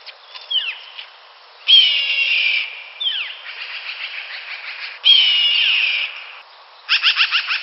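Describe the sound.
Hawk gives two long, hoarse screams; short downslurred chirps and a fast stuttering series of sharp notes are also heard.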